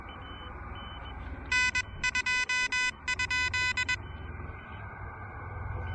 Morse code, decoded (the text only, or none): N2?